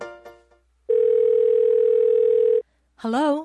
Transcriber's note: phone rings